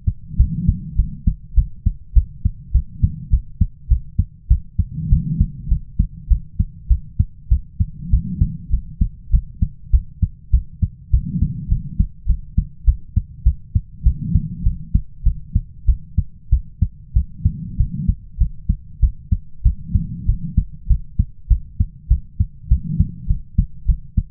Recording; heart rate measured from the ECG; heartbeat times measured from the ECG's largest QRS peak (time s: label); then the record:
heart sounds by stethoscope; 100 bpm
0.37 s: heartbeat
0.96 s: heartbeat
1.55 s: heartbeat
2.13 s: heartbeat
2.72 s: heartbeat
3.30 s: heartbeat
3.88 s: heartbeat
4.48 s: heartbeat
5.09 s: heartbeat
5.68 s: heartbeat
6.28 s: heartbeat
6.88 s: heartbeat
7.49 s: heartbeat
8.10 s: heartbeat
8.70 s: heartbeat
9.31 s: heartbeat
9.91 s: heartbeat
10.51 s: heartbeat
11.11 s: heartbeat
11.69 s: heartbeat
12.26 s: heartbeat
12.85 s: heartbeat
13.43 s: heartbeat
14.03 s: heartbeat
14.63 s: heartbeat
15.23 s: heartbeat
15.86 s: heartbeat
16.50 s: heartbeat
17.13 s: heartbeat
17.77 s: heartbeat
18.38 s: heartbeat
19.00 s: heartbeat
19.63 s: heartbeat
20.26 s: heartbeat
20.87 s: heartbeat
21.48 s: heartbeat
22.08 s: heartbeat
22.68 s: heartbeat
23.27 s: heartbeat
23.86 s: heartbeat
From the record:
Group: healthy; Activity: cold pressor test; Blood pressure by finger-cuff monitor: 107/77 mmHg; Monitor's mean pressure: 89 mmHg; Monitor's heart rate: 100 bpm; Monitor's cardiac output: 8 L/min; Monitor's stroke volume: 80 mL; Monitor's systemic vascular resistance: 810 dyn s/cm5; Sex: female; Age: 22 years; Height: 157 cm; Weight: 47.6 kg